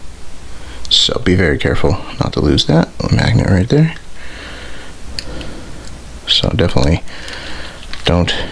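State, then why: Not seated. Someone talks while handling a small plastic pop-in armor piece on a Hot Toys Iron Man MK47 (MMS427-D19, Spider-Man Homecoming) collectible action figure, with a few brief light handling sounds between the words. The piece is being fitted, but nothing has seated or clicked yet.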